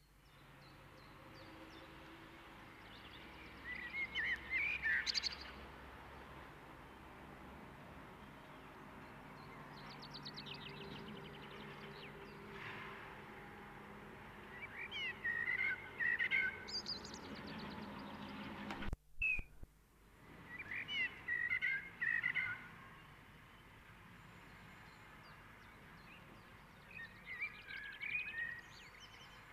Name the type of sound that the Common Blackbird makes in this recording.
song